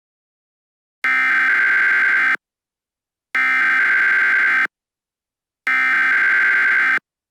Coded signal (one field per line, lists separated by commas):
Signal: Emergency Alert System (SAME) tones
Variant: header bursts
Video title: JOHN PORK EAS MOCK